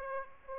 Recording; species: mosquito wingbeat signal from an infrared sensor; Aedes aegypti